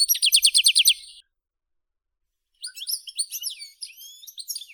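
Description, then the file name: European goldfinch: a rapid rattle of about ten repeated notes, a silent gap, then a tinkling run of sliding twittered notes. "Golosa ptic - CSHegol Carduelis carduelis"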